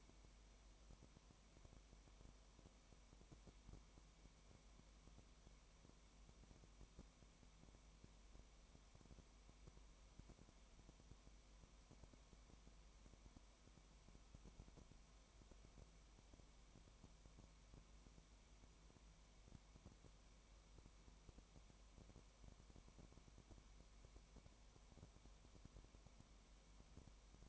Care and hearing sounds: daily activity, microphone in the room; no activity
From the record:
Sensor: 1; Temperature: 19.0 degrees Celsius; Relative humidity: 34.1%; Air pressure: 1001.3 hPa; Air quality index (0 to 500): 81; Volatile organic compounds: 1 ppm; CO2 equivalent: 815 ppm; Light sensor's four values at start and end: 1/2/1/1 and 1/2/1/1

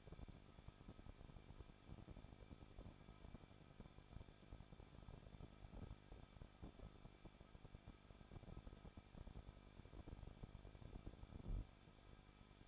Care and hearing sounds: daily activity, microphone in the room; no activity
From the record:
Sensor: 5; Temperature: 20.9 degrees Celsius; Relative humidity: 38.1%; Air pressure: 1006.4 hPa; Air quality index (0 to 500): 187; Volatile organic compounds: 18 ppm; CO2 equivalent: 2624 ppm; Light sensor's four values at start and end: 2/3/1/1 and 2/3/1/1

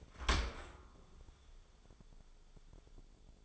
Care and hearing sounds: daily activity, microphone in the room; open dishwasher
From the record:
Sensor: 5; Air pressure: 1015.1 hPa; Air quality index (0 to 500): 140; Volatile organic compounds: 3 ppm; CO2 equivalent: 1511 ppm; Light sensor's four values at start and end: 38/90/37/40 and 37/88/36/39

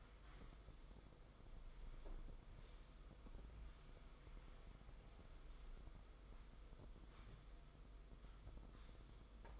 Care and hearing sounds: daily activity, microphone in the room; sweep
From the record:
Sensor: 5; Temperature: 22.3 degrees Celsius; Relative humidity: 52.2%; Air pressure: 990.7 hPa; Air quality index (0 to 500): 163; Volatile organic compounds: 287 ppm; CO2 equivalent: 4452 ppm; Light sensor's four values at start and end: 42/130/50/54 and 42/130/50/53

